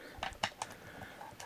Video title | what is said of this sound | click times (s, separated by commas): Yashica FRII Camera Inspection | back that up just a little bit to hear that snap now we know it's engaged and | 0.4 s